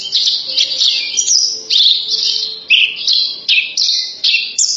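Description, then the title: Horsfield's bush lark giving harsh, buzzy high phrases in quick bursts, some sliding down, with short gaps between. "branjangan"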